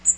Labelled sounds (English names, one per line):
Magnolia Warbler flight call